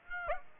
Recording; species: mosquito wingbeat signal from an infrared sensor; Aedes aegypti